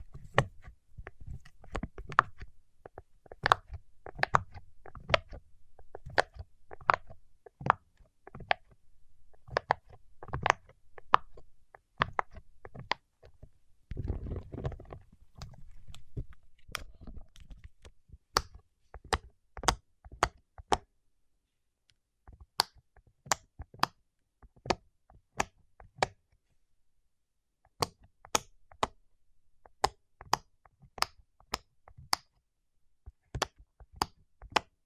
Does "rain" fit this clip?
no